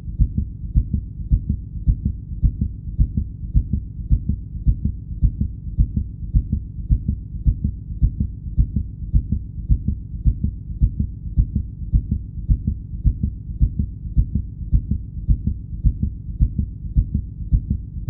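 A fast, steady heartbeat of about 107 beats per minute, heard as deep, low-pitched thumps repeating evenly throughout.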